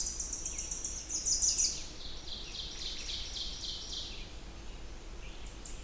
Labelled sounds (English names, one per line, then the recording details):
Ovenbird song
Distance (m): 60 m
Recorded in boreal forest in Alberta, Canada, on 20 June 2016 at 07:11
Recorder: SongMeter 3, array SBT-6-81
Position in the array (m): -23 m, 266 m
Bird 26